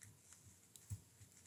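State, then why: Not seated. A power supply cable connector for a replacement linear power supply (LPS-A6) is handled at the internal socket of an Eversolo DMP-A6 audio streamer/DAC during installation. Faint scrapes and brief taps are heard near 0.0, 0.8 and 0.9 seconds over a low hum. Nothing has seated or clicked yet.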